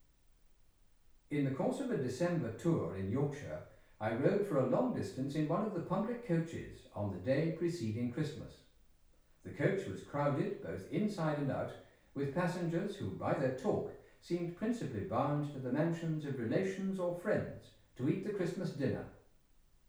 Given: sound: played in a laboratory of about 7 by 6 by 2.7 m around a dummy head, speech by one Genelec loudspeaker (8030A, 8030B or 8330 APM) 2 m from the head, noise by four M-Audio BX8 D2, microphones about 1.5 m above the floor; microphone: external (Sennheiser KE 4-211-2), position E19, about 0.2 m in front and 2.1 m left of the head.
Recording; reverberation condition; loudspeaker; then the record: male speech in English; medium; behind (180 degrees)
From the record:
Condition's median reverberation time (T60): about 510 ms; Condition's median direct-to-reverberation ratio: about -0.5 dB